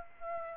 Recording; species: mosquito wingbeat signal from an infrared sensor; Aedes aegypti